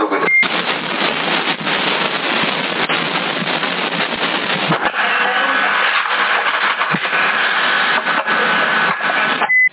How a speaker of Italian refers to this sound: Un attimo che me lo stampo questo